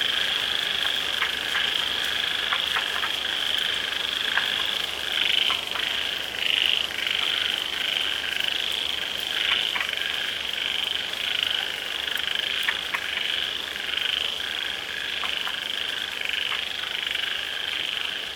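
Frogs call in the rain, a dense, unbroken chorus of high, shrill trilling that holds steady for the whole stretch. Short clicks and croaks pop out irregularly every second or so. A soft hiss of rainfall runs low underneath.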